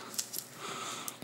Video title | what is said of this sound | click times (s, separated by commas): Electric Wheelbarrow - Build part 2 - Modifying charger and wiring | until you hear it click | 1.1 s